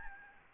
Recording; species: mosquito wingbeat signal from an infrared sensor; Aedes albopictus